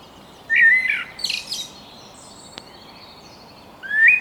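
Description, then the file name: Eurasian blackbird giving a short fluty whistle and then a high, squeaky twittering flourish; after a quiet gap, a further rising fluted note begins. "Turdus merula"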